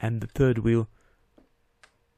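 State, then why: Seated. The front caster wheel, the third wheel, of a robot vacuum is pressed back into its housing on the vacuum's underside. Someone talks at the start, then there is a faint tick at about 1.4 s. A sharp click at 1.8 s is the caster seating into place.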